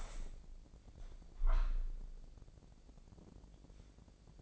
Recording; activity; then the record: daily activity, microphone in the room; open window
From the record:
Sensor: 5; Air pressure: 1012.4 hPa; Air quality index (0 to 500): 162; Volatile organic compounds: 2 ppm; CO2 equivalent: 1098 ppm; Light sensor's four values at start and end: 66/159/65/68 and 66/159/65/68